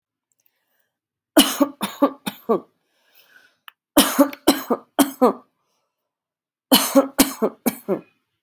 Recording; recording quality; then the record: heavy voluntary cough; excellent, no background noise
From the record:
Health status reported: respiratory illness, not identified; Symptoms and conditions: sore throat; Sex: female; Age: 39 years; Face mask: not worn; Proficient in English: yes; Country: India